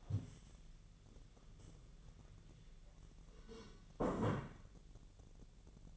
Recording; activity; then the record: daily activity, microphone in the room; stand up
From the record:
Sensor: 4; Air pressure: 1001.2 hPa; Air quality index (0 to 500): 182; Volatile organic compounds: 2 ppm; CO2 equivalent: 1300 ppm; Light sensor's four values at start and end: 14/33/13/14 and 14/33/13/14